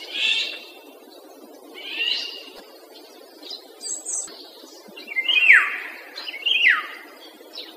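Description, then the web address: Common starling song with harsh rasping bursts, then two loud whistled notes that slide steeply downward, over a steady low hiss. Imitating the Eurasian golden oriole. "wroblowe zapozyczenia wilgi. wroblowe zapozyczenia szpak"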